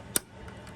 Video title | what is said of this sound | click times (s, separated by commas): Pro maker 15 multi needle embroidery machine how install bobbin in and winding | and then you push it until you hear that clicking sound you see that niche | 0.2 s